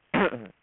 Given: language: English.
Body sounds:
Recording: throat vibration sensor signal played as sound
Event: throat clearing

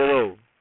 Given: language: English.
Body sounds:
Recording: throat vibration sensor signal played as sound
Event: speech

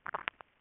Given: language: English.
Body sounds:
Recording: throat vibration sensor signal played as sound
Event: swallow

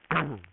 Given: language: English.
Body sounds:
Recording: throat vibration sensor signal played as sound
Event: throat clearing

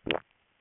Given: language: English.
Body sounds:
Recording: throat vibration sensor signal played as sound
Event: swallow

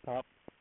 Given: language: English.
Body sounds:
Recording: throat vibration sensor signal played as sound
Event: speech

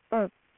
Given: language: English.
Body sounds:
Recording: throat vibration sensor signal played as sound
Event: speech

